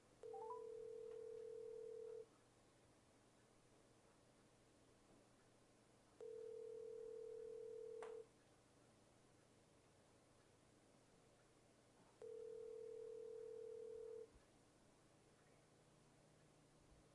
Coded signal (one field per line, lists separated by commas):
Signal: telephone call progress tone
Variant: North America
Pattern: ringback tone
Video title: Cell Phone Dial Sound Effect 1263